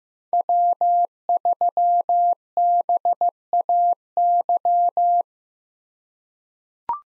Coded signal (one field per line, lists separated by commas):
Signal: Morse code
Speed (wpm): 16 wpm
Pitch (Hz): 700 Hz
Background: none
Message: W3BAY